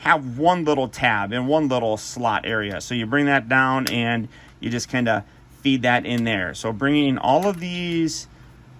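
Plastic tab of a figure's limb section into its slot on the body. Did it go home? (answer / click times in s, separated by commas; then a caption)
no / none. Someone talks while handling a plastic action figure during transformation, bringing a limb section down and feeding its small plastic tab into its slot on the body. Only speech is heard, with no sharp click; nothing has seated or clicked yet.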